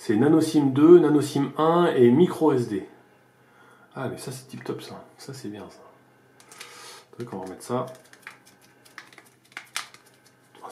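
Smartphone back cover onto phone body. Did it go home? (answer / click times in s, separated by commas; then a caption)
yes / 9.0 s, 9.6 s, 9.8 s. Someone talks over the first part of the clip before the plastic back cover of an LG V10 smartphone is pressed onto the phone body, after the battery and SIM cards are in. Its clips snap home one after another as quiet clicks at 9.0, 9.6 and 9.8 seconds, and the cover is seated.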